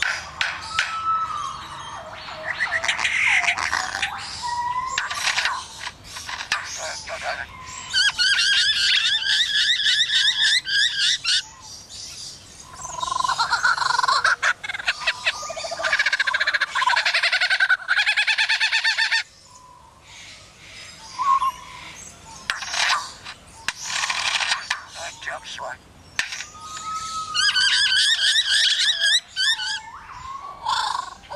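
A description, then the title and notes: A lyrebird runs through a dense string of mimicked sounds: rapid rattling trills, bright repeated chirps, and whirring, mechanical-sounding bursts that rise and fall. Phrases arrive in busy runs with brief quieter gaps around 11 and 19 seconds, recorded clear. Lyrebird mimics construction sounds.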